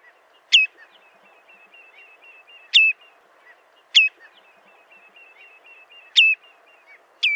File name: Chevalier gambette